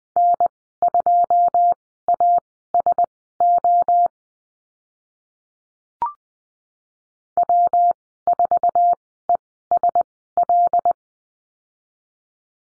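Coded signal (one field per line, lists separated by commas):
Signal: Morse code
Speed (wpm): 20 wpm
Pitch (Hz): 700 Hz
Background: none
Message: N2ASO W4ESL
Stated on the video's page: Morse course lesson on letter W and call signs, Farnsworth speed 20/10 wpm.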